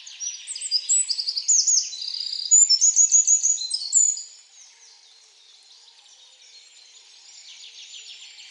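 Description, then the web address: Bird chirps and rapid trills, high and sharp, crowded together for four seconds and then dropping to faint scattered notes. "Deverinetal 2025 File origin Bird Only"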